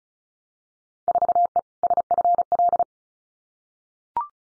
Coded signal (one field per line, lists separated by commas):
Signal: Morse code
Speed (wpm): 34 wpm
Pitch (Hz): 700 Hz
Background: none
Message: 4E SFL